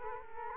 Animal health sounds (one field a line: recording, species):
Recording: mosquito wingbeat signal from an infrared sensor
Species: Culex quinquefasciatus